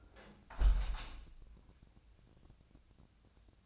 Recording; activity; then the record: daily activity, microphone in the room; close window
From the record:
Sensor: 2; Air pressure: 1012.2 hPa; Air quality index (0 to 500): 131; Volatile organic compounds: 1 ppm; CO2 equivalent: 971 ppm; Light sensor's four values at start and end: 180/432/182/191 and 180/435/183/191